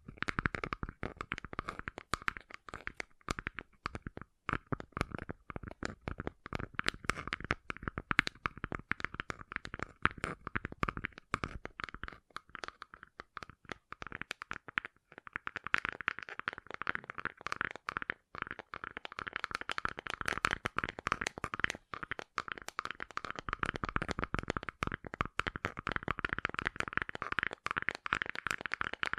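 Gentle ASMR tapping runs steadily for the whole stretch, a dense, quick patter of light taps with a slightly crunchy, scratchy edge. The taps come irregularly but almost without pause, brightest in the middle range, with a short lull around fifteen seconds.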